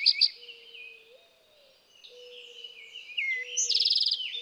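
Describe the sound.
Eastern towhee song: two quick clipped notes, then a bright rapid trill, over dense background chirping and a faint low tone.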